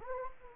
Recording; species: mosquito wingbeat signal from an infrared sensor; Anopheles gambiae